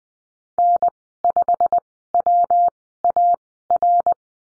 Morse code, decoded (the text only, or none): N5WAR